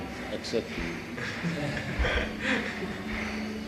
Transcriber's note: laughter